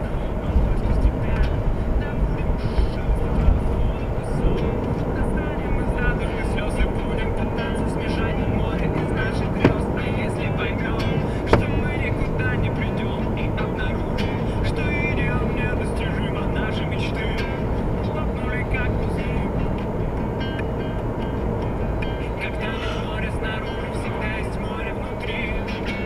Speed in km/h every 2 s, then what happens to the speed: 75, 75, 76, 76, 75, 73, 74, 75, 75, 75, 75, 76, 76.
0-26 steady at about 75.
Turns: none.